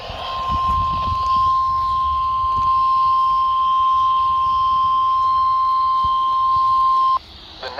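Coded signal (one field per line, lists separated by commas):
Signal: Emergency Alert System (SAME) tones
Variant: 1050 Hz attention tone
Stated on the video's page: Tornado, severe thunderstorm and special marine alerts received on weather radio station KIH28.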